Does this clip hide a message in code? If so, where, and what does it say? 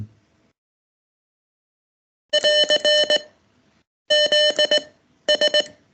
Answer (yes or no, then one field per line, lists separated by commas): yes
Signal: Morse code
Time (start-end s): 2.3-5.6 s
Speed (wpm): 18 wpm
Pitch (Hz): 600 Hz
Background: none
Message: <AR> ZS